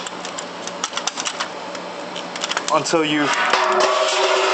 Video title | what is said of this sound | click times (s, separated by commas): Capping Station Assembly Replacement | fall into a place and it snaps into place just like so. | 2.5 s, 2.6 s